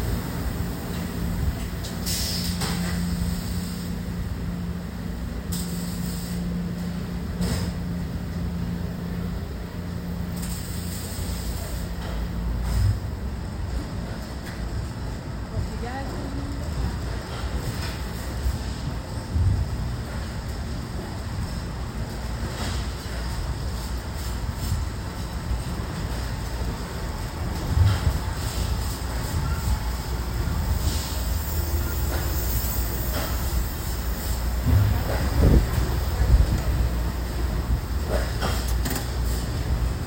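Tools and materials are gathered and arranged, heard as scattered knocks, clicks and clatters every few seconds, busier toward the end. A steady low rumble runs underneath throughout, with a faint hum early on and occasional voices.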